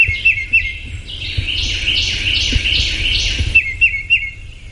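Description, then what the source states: Tufted titmouse chatter: short high chips, a series of buzzy, scratchy notes, then more sharp chips. Normal chitter-chatter of titmice talking to each other in the trees.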